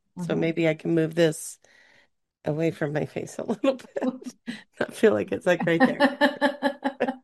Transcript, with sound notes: So maybe I can move this away from my face a little bit. (laughs)
Oh.
Not feel like it's like right there.